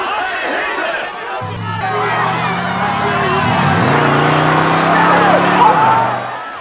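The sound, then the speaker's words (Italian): A car engine kicks in with a steady low drone that climbs in pitch as it speeds by, under the continuous noisy clamor and shouting of a large crowd. From the film The Blues Brothers: the car drives through an Illinois Nazi party demonstration, knocking people into the water. “Ovviamente io la macchina passa, fa cadere tutti in acqua.”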